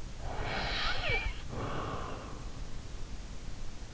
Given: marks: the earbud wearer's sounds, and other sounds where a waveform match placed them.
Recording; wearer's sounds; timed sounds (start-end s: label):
sounds in sleep by an in-ear microphone; snoring breath
0.21-2.46 s: snoring breath